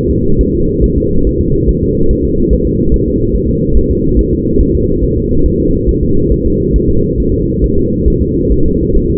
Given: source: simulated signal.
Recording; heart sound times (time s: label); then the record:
fetal heart sounds
0.11 s: S2
0.41 s: S1
0.55 s: S2
0.84 s: S1
0.98 s: S2
1.27 s: S1
1.41 s: S2
1.69 s: S1
1.83 s: S2
2.11 s: S1
2.25 s: S2
2.53 s: S1
2.66 s: S2
2.94 s: S1
3.08 s: S2
3.36 s: S1
3.50 s: S2
3.77 s: S1
3.91 s: S2
4.19 s: S1
4.33 s: S2
4.61 s: S1
4.75 s: S2
5.04 s: S1
5.17 s: S2
5.46 s: S1
5.60 s: S2
5.89 s: S1
6.03 s: S2
6.32 s: S1
6.46 s: S2
6.76 s: S1
6.90 s: S2
7.20 s: S1
7.34 s: S2
7.64 s: S1
7.78 s: S2
8.08 s: S1
8.22 s: S2
8.52 s: S1
8.66 s: S2
8.97 s: S1
9.10 s: S2
From the record:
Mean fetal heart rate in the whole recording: 140 bpm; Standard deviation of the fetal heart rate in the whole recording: 2 bpm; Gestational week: 34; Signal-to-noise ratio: -16.4 dB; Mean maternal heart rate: 72 bpm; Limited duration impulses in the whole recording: present